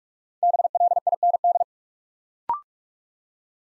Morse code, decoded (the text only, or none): BLIND